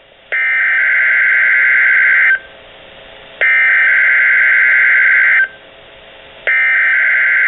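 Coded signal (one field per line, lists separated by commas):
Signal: Emergency Alert System (SAME) tones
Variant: header bursts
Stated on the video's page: Weather radio SAME tones for a statewide tornado drill, coded like a required weekly test, at 9:00am.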